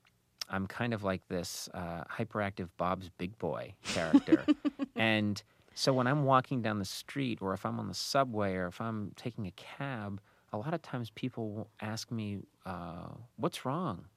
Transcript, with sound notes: I'm kind of like this hyperactive Bob's Big Boy character.
(LAUGHTER)
And so when I'm walking down the street or if I'm on the subway or if I'm taking a cab, a lot of times people ask me what's wrong?